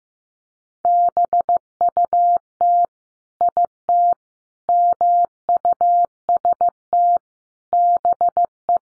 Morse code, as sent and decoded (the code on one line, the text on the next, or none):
-... ..- - / .. - / -- ..- ... - / -... .
BUT IT MUST BE